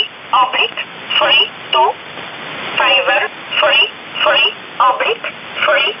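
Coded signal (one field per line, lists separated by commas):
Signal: numbers station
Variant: E11 Oblique, English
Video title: 26 06 2019 E11 Oblique Numbers station in English 0900 on 7439 unknown tx site in USB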